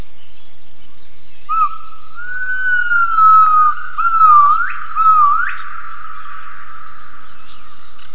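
Gibbon call: a long, smooth whistled note holding steady, then two sharp rising swoops near the end, over a constant high-pitched hum.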